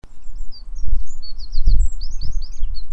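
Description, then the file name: Eurasian wren giving a rapid run of thin, very high notes, many sliding downward in quick clusters, above loud low rumbling noise. "Troglodytes troglodytes"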